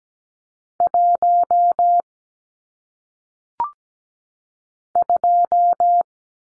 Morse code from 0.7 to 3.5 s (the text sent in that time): 1